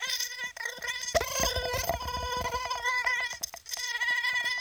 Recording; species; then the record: mosquito flight sound by mobile phone; Aedes sierrensis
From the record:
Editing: cut to the mosquito's sound